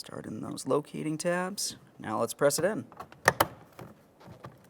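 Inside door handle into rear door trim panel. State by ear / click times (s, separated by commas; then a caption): seated / 3.3 s, 3.4 s. Someone talks as the plastic rear inside door handle of a 2002-2009 Chevrolet Trailblazer is set into its two locating tabs and pressed into the rear door trim panel. Two sharp clicks at 3.3 and 3.4 seconds mark its four locking tabs snapping in, followed by a few faint ticks. The handle is seated in the panel.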